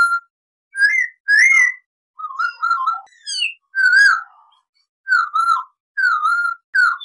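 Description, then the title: Masked laughingthrush song, a series of clear whistled phrases, some rising and some falling, repeated with brief gaps. Training recording for cage birds. "MASTERAN AMPUH SUARA BURUNG POKSAY HONGKONG GACOR 1"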